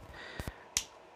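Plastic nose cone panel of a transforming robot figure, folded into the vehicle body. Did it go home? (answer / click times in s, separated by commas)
yes / 0.8 s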